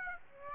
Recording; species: mosquito wingbeat signal from an infrared sensor; Aedes aegypti